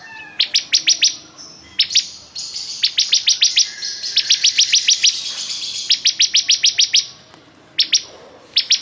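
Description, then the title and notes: Bar-winged prinia delivering repeated series of sharp, high-pitched chips in quick succession, phrases following closely with short breaks. Singing vigorously ('gacor'). "Suara Burung Ciblek Gacor"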